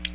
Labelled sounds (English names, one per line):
Ovenbird flight call